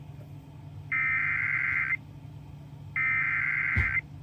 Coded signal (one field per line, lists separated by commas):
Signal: Emergency Alert System (SAME) tones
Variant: header bursts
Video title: May 25, 2018 EAS weather alerts (EAS #626-632)